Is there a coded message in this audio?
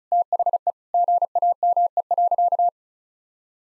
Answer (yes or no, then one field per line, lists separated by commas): yes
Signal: Morse code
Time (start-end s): 0.1-2.7 s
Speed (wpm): 36 wpm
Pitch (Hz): 700 Hz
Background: none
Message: THE GAME.